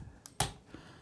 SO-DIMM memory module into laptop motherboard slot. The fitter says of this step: just push it down until it clicks. Like that.